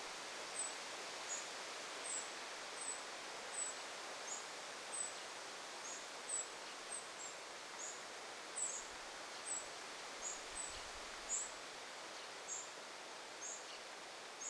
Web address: paivat 9 8 2026 peukaloisen lentopoikaset kerjaavat